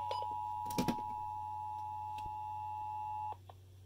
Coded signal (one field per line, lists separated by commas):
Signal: Emergency Alert System (SAME) tones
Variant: 853 and 960 Hz attention tone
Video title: EAS 2092-2093 PA RMT on 90.5 WESA (100.1 was not testing in this vid so idk what did)